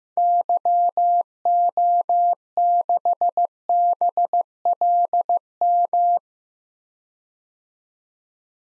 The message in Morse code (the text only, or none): YO6BLM